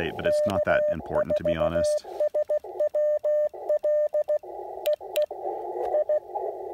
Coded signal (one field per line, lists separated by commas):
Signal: Morse code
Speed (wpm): 16 wpm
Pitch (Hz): 600 Hz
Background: speech, radio noise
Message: K4SWL EE I